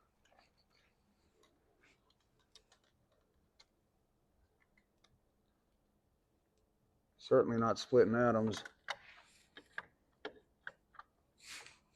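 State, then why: Not seated. During a garage door opener install, a wire is pushed by hand toward the opener's push-in quick-connect terminal. Faint scattered ticks are followed by someone talking, then a run of short, sharp light clicks and taps and a soft rustle at the end. Nothing has seated or clicked into the terminal yet.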